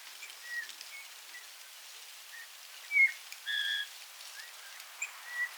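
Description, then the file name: Eurasian bullfinch calls: soft short whistled notes repeated about every second or less, with one longer note, over steady background noise. "Pyrrhula pyrrhula"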